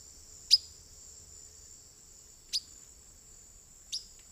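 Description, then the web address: Silver-beaked tanager making three sharp, clipped call notes, the first loudest, set against a continuous shrill insect hum. Calls and flight calls, recorded in the eastern lowlands of South America. "Natures Songs S America Eastern Lowlands. Ramphocelus carbo, calls and flight calls"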